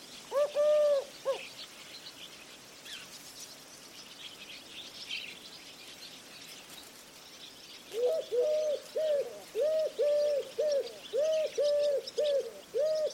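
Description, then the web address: Bird calling with a few hollow coos, then a quiet pause of several seconds, then a long regular series of similar coos until the end. "Bird Only"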